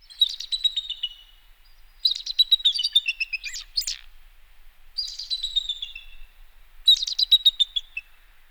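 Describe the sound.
Bald eagle calls: four bursts of high, thin, chattering piping notes, separated by short pauses.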